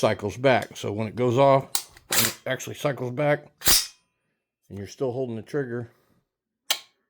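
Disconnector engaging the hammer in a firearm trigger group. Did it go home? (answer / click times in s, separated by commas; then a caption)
yes / 6.7 s. Someone talks during a function check of a firearm's fire control group, in which the hammer is cycled back while the trigger is held. At 6.7 s a sharp click sounds as the metal disconnector engages and holds the hammer, confirming the disconnector is catching it.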